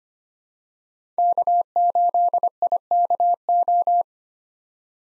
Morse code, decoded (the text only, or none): K8IKO